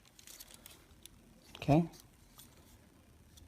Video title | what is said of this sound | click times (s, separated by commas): Macross / Robotech VF-4 Lightning III | You want to make sure it goes into that little space right there. Clicks in. | 1.1 s